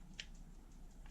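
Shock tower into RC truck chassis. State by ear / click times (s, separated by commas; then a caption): seated / 0.2 s. A plastic shock tower on an RC nitro truck chassis is set down into its slot and snaps into place with a sharp click at 0.2 s. A fainter tap follows near the end, over a low steady background hum.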